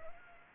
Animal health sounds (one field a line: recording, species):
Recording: mosquito wingbeat signal from an infrared sensor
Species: Aedes aegypti